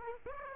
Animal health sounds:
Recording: mosquito wingbeat signal from an infrared sensor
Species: Aedes aegypti

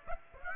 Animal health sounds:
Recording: mosquito wingbeat signal from an infrared sensor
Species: Aedes aegypti

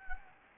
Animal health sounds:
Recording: mosquito wingbeat signal from an infrared sensor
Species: Anopheles gambiae

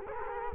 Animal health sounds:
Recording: mosquito wingbeat signal from an infrared sensor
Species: Culex quinquefasciatus

